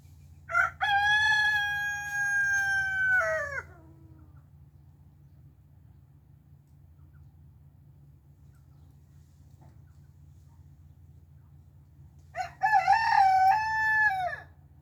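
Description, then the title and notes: Chicken: rooster crow, loud and drawn out over about three seconds, falling off at the end; after a long quiet gap a second, wavering crow follows near twelve seconds. Four domestic roosters crowing, including a young black silkie still developing his crow; the three adult roosters are louder. "Four Roosters Crowing. The young black silky is still working on his crowing potential. The other three adult roosters are a lot louder"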